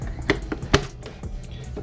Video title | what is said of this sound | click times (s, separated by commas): Xbox Series X LED Mod | gonna click the stand on clicks in place very nice very nice | 0.3 s, 0.8 s